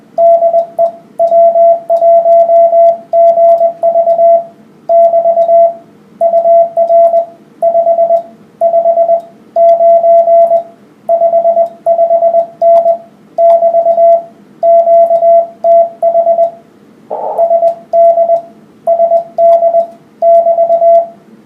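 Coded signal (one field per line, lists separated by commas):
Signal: Morse code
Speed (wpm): 19 wpm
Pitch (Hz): 670 Hz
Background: radio noise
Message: DE W1GV <BT> UR 5 5 9 55N <BT> QTH SD SD <BT>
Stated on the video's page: 10 meter amateur CW band, a contact with a station in Japan using a matched antenna.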